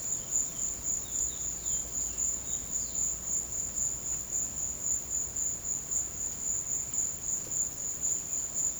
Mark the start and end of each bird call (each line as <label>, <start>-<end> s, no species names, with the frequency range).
bird call (2.0-5.9 kHz), 0.17-3.17 s